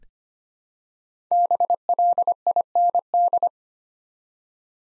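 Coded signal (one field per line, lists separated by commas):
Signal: Morse code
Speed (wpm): 25 wpm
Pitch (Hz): 700 Hz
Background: none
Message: BLIND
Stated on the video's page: Morse code practice at 25 wpm, building five-letter words one letter at a time for instant character recognition.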